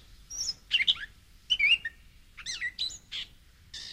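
Gray catbird song, a short burst of varied squeaky and slurred notes in quick, irregular succession with brief pauses between phrases.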